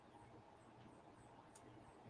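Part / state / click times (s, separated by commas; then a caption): small plastic part into a plastic model kit body / not seated / none. A small plastic part is handled while being fitted onto the body of a plastic Gundam model kit, over a steady low background hum with faint handling noises and one brief sharp tick around 1.6 s. The part is meant to snap into place, but nothing has seated or clicked yet.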